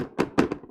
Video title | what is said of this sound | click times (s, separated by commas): A Computer Build To Last For At Least The Next 8 Years (UPDATED FOR 2021) | you're going to push that kind of wiggle it a little as you push down you'll hear it click in and that's | 0.4 s